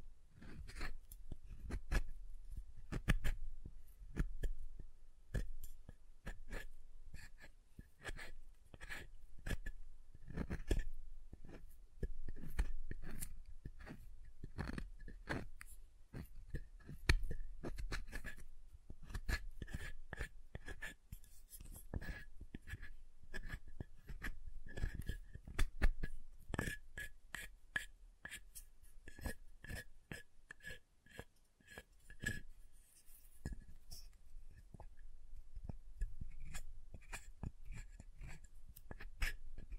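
Tapping and carving on a bar of soap, with dense, irregular clicks and scrapes running through the whole 40 seconds. The taps are crisp and bright, some landing in quick bursts, others spaced out, with occasional scratchy strokes between them and a faint low rumble underneath.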